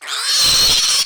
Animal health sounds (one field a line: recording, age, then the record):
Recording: pig call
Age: piglet (1 to 25 days)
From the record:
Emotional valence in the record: negative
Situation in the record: restrain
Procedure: in the arms of a person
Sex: male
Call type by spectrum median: high-frequency call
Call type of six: high-frequency modulated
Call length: 1.06 s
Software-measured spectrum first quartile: 3741 Hz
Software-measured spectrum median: 4657 Hz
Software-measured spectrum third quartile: 6451 Hz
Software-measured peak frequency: 4214 Hz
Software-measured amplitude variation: 73 dB a second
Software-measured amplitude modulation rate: 18.4 a second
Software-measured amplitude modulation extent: 4.0 dB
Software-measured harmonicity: 2.6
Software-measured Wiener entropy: -1.76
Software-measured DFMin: 1238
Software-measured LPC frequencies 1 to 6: 1379, 3160, 4227, 5520, 7306, 8355 Hz